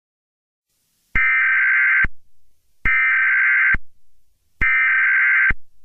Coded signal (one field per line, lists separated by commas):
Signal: Emergency Alert System (SAME) tones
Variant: header bursts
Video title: EAS Scenario #35: The Green Beans Rampage